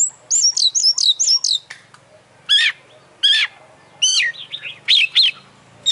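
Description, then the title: Oriental magpie-robin song opening with a quick series of high sweet whistles, followed by separated loud descending phrases and short chattering notes. Champion singing bird, singing vigorously (gacor); master recording for song training. "Kacer Juara Gacor"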